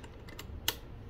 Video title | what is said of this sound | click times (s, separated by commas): Juki DU-1181N tension lesson | i always hold the bottom i don't hold this clip like i'm taking it out because i want to make sure i hear that audible click when i put it back in | 0.7 s